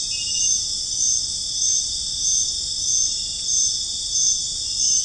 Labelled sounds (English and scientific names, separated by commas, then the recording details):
none
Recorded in dense forest near Puerto Asís, Putumayo, Colombia, on 22 June 2025 at 20:30
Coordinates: 0.481, -76.323
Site G072